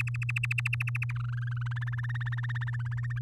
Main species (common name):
Domestic Canary